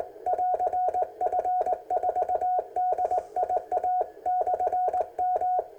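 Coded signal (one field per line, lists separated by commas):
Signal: Morse code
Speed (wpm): 18 wpm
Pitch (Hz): 730 Hz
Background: none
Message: <AR> F4DIA/M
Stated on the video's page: CW QRP contacts on 40 meters from a Ten Tec kit radio at 3 W into a 42-meter Windom antenna.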